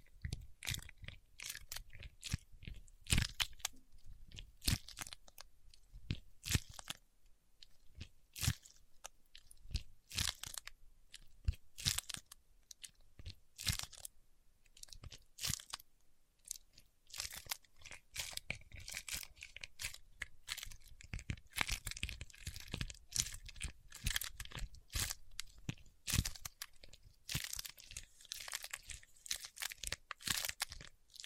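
Paraffin wax being peeled, tapped and scratched: dense, irregular crunchy crackles and sharp clicks, fairly bright, continuing steadily throughout without pause.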